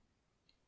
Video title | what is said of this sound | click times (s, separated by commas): Olight S1R (Turbo S 900 lumens) Baton - Review and Test | and charging on the dock you see it snapped into place very quickly there and you get the red LED light up when it's charging | 0.5 s